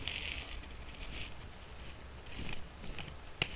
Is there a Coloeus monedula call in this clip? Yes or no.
no